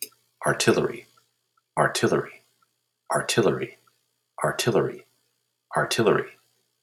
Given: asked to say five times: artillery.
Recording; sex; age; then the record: repeated word; male; 40 to 49 years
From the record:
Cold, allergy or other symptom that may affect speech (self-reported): no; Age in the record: 45 years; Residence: Massachusetts, United States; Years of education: 16